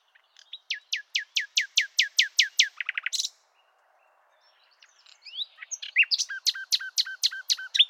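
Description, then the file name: Common nightingale song: a fast series of repeated descending whistled notes, a brief buzzy trill, a pause, then another rapid phrase of sharp repeated notes. "Luscinia megarhynchos"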